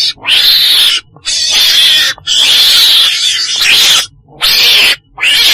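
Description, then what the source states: Weasel making loud, hoarse screeches with a thin whistled edge, in bursts of about a second separated by quiet gaps. Black weasel (chồn đen) calling.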